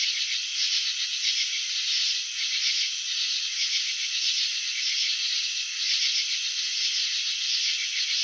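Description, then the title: High, buzzy cricket chirping that runs without pause, its rapid pulses blending into a steady rasp with small surges. Crickets chirping, filmed in slow motion; wing vibrations and antenna movements shown. "Crickets in Slow Motion 📷. Capturing the Elegance of Chirping"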